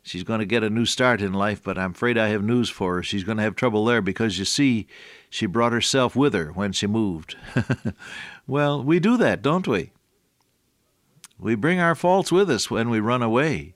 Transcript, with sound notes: she’s gonna get a new start in life but I’m afraid I have news for her, she’s gonna have trouble there because you see, she brought herself with her when she moved.” [chuckle] Well, we do that, don’t we? We bring our faults with us when we run away.